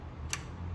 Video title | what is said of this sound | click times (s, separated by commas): Holmatro Hydraulic Rescue Tools | to hear the click | 0.3 s